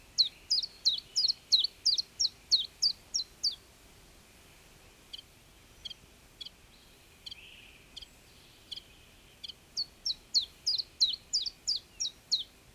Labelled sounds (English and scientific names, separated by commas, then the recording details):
Common Chiffchaff (Phylloscopus collybita)
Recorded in the wild
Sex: male
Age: adult
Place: Horn-Bad Meinberg, Eggegebirge, Nordrhein-Westfalen, DE
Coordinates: 51.8503, 8.92694
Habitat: beech forest
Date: 1965-06-20
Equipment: Uher 4000 Report-S, Bändchenmikro Beyer M 260, Parabolspiegel Polyester (470 mm)
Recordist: Conrads, Klaus